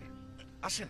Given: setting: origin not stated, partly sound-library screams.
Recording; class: one-second piece from a danger detection set; normal situation